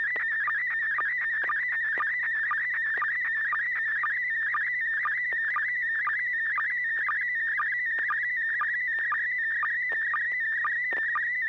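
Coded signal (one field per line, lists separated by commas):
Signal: SSTV (slow-scan television)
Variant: PD120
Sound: continuous warbling, fluttering tone with rapid regular clicks, like a scratchy whistle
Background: low steady hum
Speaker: this is going to be PD 120 and 6HA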